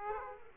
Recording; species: mosquito wingbeat signal from an infrared sensor; Aedes aegypti